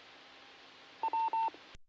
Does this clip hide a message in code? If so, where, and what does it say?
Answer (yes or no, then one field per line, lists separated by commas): no